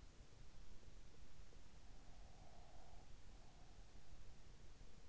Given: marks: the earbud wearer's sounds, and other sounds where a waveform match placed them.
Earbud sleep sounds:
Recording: sounds in sleep by an in-ear microphone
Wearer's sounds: breath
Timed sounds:
1.81-3.97 s: breath

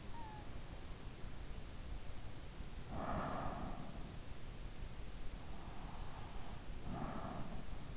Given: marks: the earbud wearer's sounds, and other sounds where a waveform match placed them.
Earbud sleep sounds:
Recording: sounds in sleep by an in-ear microphone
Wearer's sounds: breath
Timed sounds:
2.61-4.12 s: breath
5.48-7.97 s: breath

